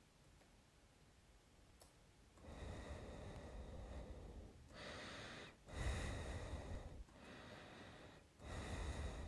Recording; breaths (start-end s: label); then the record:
nose breathing near a microphone
2.25-4.57 s: exhalation
4.57-5.57 s: inhalation
5.57-6.97 s: exhalation
6.97-8.27 s: inhalation
8.27-9.28 s: exhalation
From the record:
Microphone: phone